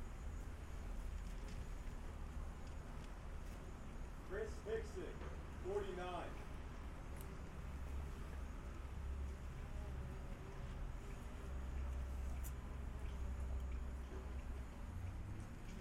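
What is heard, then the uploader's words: Outdoor sound from the National School Walkout at Garfield High School in Seattle. A steady low traffic rumble fills all sixteen seconds, with a brief voice rising out of it between about four and six seconds, plus a few faint ticks scattered throughout. National School Walkout: Garfield High School, Seattle, WA. The sounds of a nearby flagpole struck me as I observed the students... The collective scratchy sound of humans trying to be quiet in the midst of city noise becomes more intense when listening back. Recording Method: DPA 4060 pair as binaural -> Sound Devices MixPre-3.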